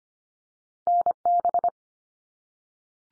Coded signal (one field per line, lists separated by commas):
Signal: Morse code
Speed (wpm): 25 wpm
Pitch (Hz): 700 Hz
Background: none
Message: NB